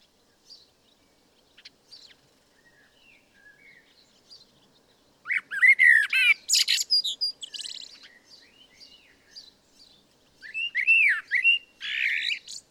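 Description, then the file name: Common blackbird: faint scattered notes at first, then a loud burst of warbled, squeaky notes twice, separated by quieter soft chirps. "Turdus merula"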